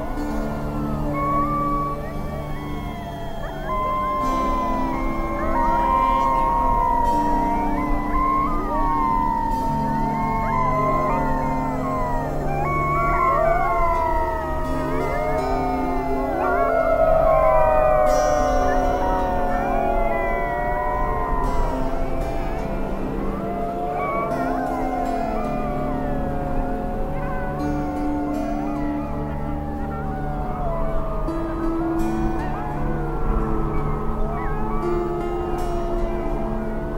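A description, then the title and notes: Wolves howl together in overlapping, wavering calls that rise and fall continuously, layered over a steady low rumble for the whole stretch. Sound Of The Wolves.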